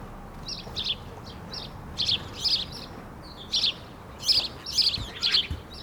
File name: Passer domesticus